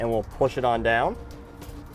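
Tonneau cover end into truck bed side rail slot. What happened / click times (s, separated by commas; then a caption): Handled, not yet home: the cover end is about to be pushed into its rail, but no snap is heard / none. The end groove of a TruXedo TruXport soft roll-up tonneau cover is pushed down into the side rail slot on a 2004 Chevrolet Silverado truck bed. Someone talks for about the first second, then only a quiet low background remains. Nothing has seated or clicked yet.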